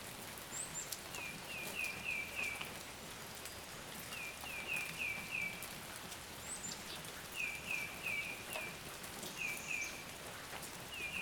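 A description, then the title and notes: Steady heavy rain falls in a forest, a dense, even patter spread from low to high. Over it, a bird repeats a short run of bright chirps several times, about every two to three seconds, with a few thin, higher calls now and then. An afternoon rain shower in Pisgah Forest. Summer day. Recorded just outside of Brevard, NC. You’ll catch some birds enjoying the bath against the steady sound of heavy raindrops.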